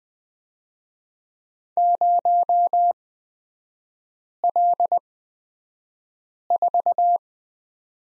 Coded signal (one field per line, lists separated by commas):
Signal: Morse code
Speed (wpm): 20 wpm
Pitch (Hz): 700 Hz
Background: none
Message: 0L4